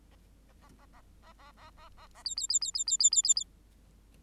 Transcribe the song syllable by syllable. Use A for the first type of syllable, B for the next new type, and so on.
A A A A A A A A A A B B B B B B B B B B